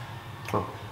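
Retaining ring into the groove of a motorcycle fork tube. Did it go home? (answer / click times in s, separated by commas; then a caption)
yes / 0.5 s. A metal retaining ring is pushed down into the groove above the fork seal inside a Harley-Davidson motorcycle fork tube fitted with Öhlins suspension, confirming the seal is driven far enough. Against a quiet, low hum, a short, sharp tick is heard at 0.5 s, followed by a brief ringing tone. The ring has snapped into place and is seated.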